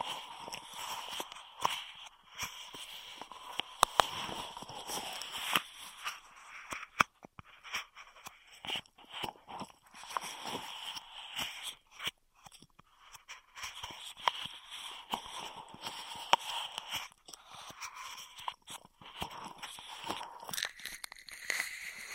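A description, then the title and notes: Dry crinkling and crunching of plastic straws, handled continuously with rapid sharp clicks and scratchy bursts scattered throughout. The sounds are bright, dense in stretches with brief quiet gaps. ASMR Beat Your Immunity with Intense Straw Triggers (No Talking).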